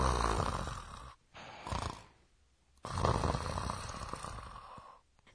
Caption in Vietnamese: Tiếng ngáy.